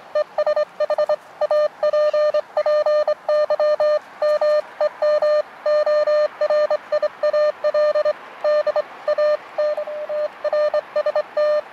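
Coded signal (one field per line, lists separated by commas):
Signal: Morse code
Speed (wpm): 25 wpm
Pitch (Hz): 600 Hz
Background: radio noise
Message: ES HAPPY MEMORIAL DAN TRST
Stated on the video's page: QRP Morse using an Elecraft KX2 with a Packtenna long wire antenna in Chicago.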